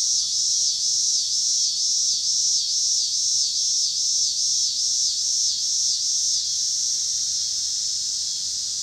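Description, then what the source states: Cicadas sing a high buzzing song that pulses up and down in a steady rhythm, with faint low noise below. Pittsburgh, Pennsylvania, 26 August 2023; recorded with car noise.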